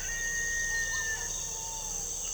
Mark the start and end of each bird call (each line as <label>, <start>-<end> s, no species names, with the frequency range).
bird call (1.5-2.3 kHz), 0.08-1.32 s